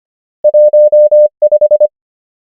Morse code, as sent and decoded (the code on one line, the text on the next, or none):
.---- / .....
1 5